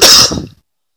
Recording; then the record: coughing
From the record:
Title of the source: November cold (wet coughing)